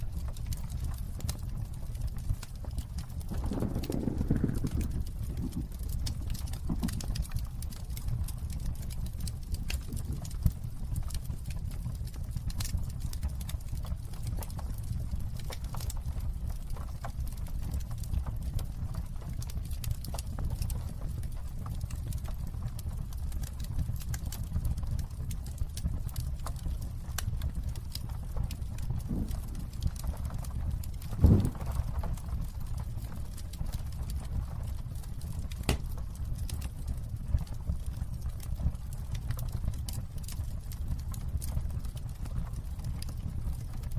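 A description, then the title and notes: A fire burns with a steady low roar and soft rumble, scattered with small sparse pops and ticks throughout. A louder flare-up comes around four seconds, and a sharp crack stands out near the thirty-one second mark. Ambient Fireplace | Crackling Fireplace | Cozy Fire Sounds. Focusrite Scarlett CM25, Focusrite Scarlett 2i2 Audio interface. Burningwood #burninglogs.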